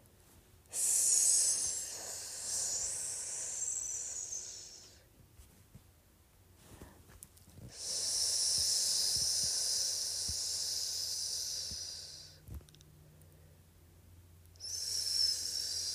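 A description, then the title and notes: Three long whispered "sssss" hisses, bright and steady, each lasting about four seconds, separated by quiet pauses with faint low rumble underneath. ASMR Sssss Sound.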